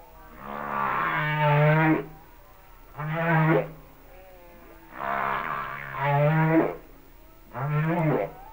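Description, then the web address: Humpback whale song: moaning, harmonic units with low pulsed grunts, in four bursts separated by short silences, alternating longer and shorter phrases. "Natures Songs Whale Songs Sounds of Nature - Humpback Whales"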